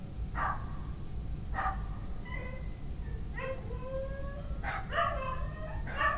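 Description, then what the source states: Dog barking in irregular short yelps and drawn-out howl-like calls, over steady low rumbling background noise. Dogs at night in a village.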